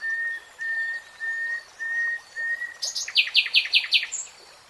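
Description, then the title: Nightingale song: five pure, evenly spaced whistled notes held on one pitch, followed by a quick burst of loud, high, scratchy pulsed notes. Singing, from a three-hour real-time recording. "[Tiếng chim hót] 3 Hours REALTIME Nightingale Singing"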